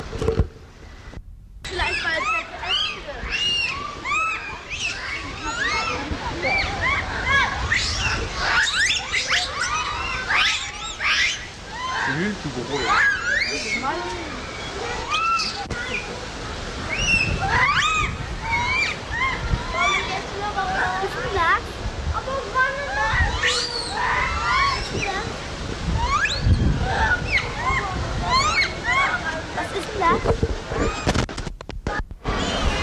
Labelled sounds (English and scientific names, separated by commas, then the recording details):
Japanese Macaque (Macaca fuscata) call
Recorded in captivity
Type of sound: call
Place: Zoo Berlin, Berlin, DE
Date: 1988-10-07 11:13
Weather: bedeckt, 12°C, Wind
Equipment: Sony WM-D6C, Kopie Uher
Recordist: Tembrock, Günter
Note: Japan-Makak: Laute (agonistisch?)